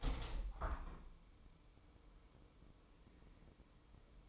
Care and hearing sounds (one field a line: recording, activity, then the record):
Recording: daily activity, microphone in the room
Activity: open window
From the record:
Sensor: 1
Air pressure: 1014.9 hPa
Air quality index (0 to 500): 25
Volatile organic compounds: 0 ppm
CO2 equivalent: 500 ppm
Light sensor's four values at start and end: 10/25/10/11 and 11/27/11/12